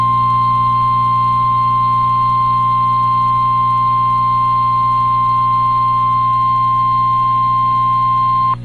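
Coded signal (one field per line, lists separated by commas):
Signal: Emergency Alert System (SAME) tones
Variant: 1050 Hz attention tone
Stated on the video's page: NOAA Weather Radio alerts during a December derecho in Sioux City, Iowa.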